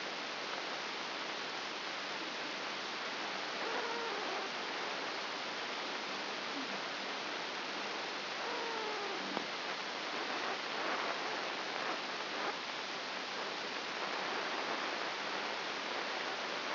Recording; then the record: brain microelectrode recording played as sound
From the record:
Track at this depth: outside the subthalamic nucleus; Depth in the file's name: 6.501 mm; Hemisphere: left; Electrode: 2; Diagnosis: Parkinson's disease